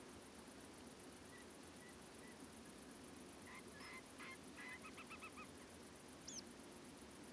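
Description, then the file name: Whimbrel calls run into a quick burst of short repeated notes. A thin high call follows, with a few faint notes earlier, all over constant hiss. Screechy calls recorded at Portland; file labelled 250816, 23:52. "Whimbrel screechy calls with Tree Pipit Portland"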